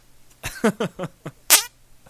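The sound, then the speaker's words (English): A run of short, squelchy fart noises made with cupped hands: four or five quick wobbling bursts, followed by a louder, harsher blast, with no talking. “I can make farting noises with my hands.”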